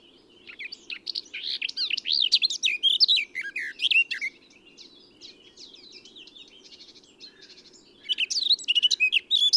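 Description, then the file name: Eurasian blackcap song: a vigorous warble of sweeping whistles and chirps for around three seconds, softer scratchy notes following, then a fresh phrase starting near the end; low hum behind. "Sylvia atricapilla"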